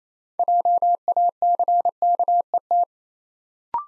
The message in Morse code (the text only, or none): JACKET